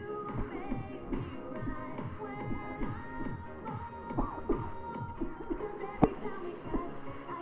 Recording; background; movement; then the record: voluntary coughing; music; sitting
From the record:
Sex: female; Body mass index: 36.4 kg/m2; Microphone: on the chest, facing the body